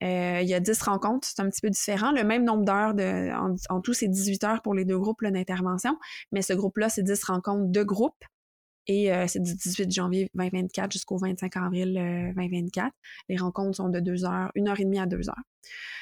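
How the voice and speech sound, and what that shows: A woman speaks French in a quiet room, describing group meeting dates and durations at an even, conversational pace. Her voice is clear, with a few filler sounds and one self-correction. This is ordinary fluent speech.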